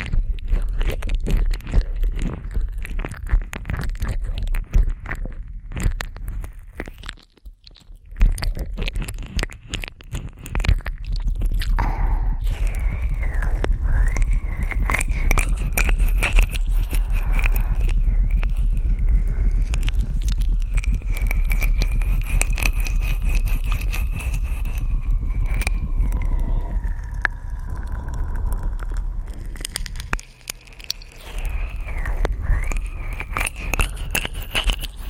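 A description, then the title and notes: Wet ear licking and ear cleaning sounds, dense and continuous, full of crackly clicks and mouth noises packed closely together. A steady low rumble sits underneath, with brief pauses near 7 seconds and 30 seconds and faint gliding tones drifting through the middle. ASMR Ear Licking Ear Cleaning.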